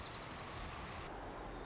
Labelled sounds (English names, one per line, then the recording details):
White-crowned Sparrow
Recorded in Sonoma County, California